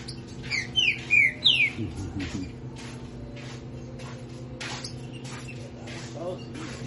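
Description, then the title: Green-winged saltator song: a quick burst of about four bright, slurred whistles early on, then only faint clicks over a steady low hum. "Canto De Trinca Ferro"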